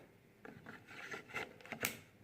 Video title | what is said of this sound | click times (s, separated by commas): Nintendo Switch Unboxing and Overview | it makes that nice little click noise that's really nice there | 1.9 s